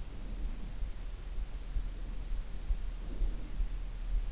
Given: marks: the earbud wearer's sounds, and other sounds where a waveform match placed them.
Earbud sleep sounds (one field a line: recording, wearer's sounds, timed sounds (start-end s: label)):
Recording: sounds in sleep by an in-ear microphone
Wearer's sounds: breath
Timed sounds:
0.00-0.91 s: breath
2.95-3.71 s: breath